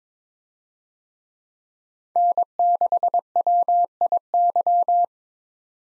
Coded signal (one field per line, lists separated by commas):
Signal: Morse code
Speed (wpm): 22 wpm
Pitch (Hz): 700 Hz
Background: none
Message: N6WIY